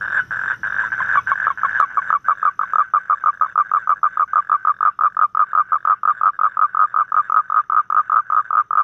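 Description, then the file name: Toad calling, first as a blurred, rough buzz, then settling into crisp, rapidly repeated croaking pulses. "Am thanh tieng Coc keu"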